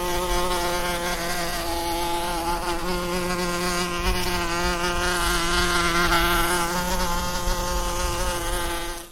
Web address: Tom Hutchings Wasp Buzzing Around Close Constant